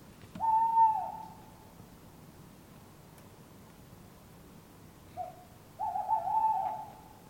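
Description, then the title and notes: Tawny owl calling, a sustained low hoot, then after a long silence a brief note and a quavering, vibrato hoot phrase. Two tawny owls calling in an urban setting, Surrey, England; recorded from a bedroom window with a handheld digital recorder. "Couple of Tawny Owls calling, Surrey, England"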